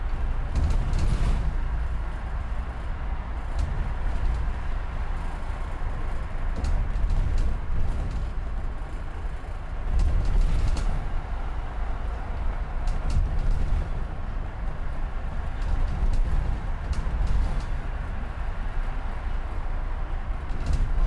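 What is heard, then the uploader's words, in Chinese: A steady, heavy low rumble of vehicle traffic runs throughout, holding a fairly even level. Short sharp ticks and clatters break through now and then, around 1, 7, 10 and 17 seconds, over a constant murmur in the middle range. 坐在300快外晒太阳｜城市声音。很喜欢300快外公交，坐在二层的第一排，被太阳从头到脚晒着，很浪漫。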